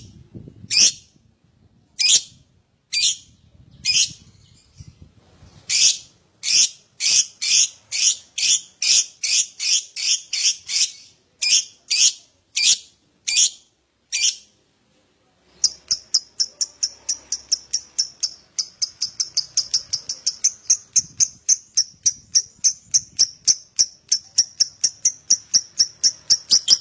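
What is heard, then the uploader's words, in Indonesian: An adult lovebird gives rapid, bright repeated chirps in bursts, then from about fifteen seconds a faster, denser, unbroken run of high trilling calls. Lovebird Dewasa.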